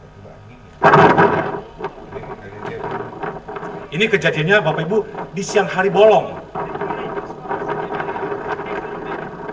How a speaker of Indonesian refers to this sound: Dan coba perhatikan deru suara angin dan juga ombak yang besar. Jadi ini direkam pada Desember pada tahun 2018.